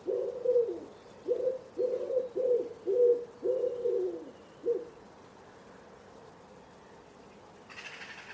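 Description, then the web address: Common Wood Pigeon cooing, a rhythmic phrase of several deep hollow coos over about five seconds, then quiet. "cianscape. Deverinetal"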